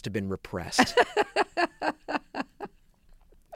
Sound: laughter

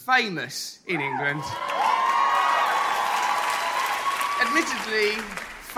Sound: soundbite of applause

